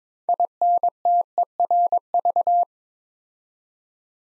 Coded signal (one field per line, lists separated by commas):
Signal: Morse code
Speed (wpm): 22 wpm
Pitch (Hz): 700 Hz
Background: none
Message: INTERV